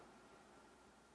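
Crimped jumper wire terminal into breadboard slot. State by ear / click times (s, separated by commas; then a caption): not seated / none. A crimped jumper wire terminal is handled at its slot on a plastic Global Specialties PB-70M breadboard, with only a steady, even hiss and faint rustle heard and no distinct sharp sounds. Nothing has seated or clicked yet; the terminal has not snapped into the slot.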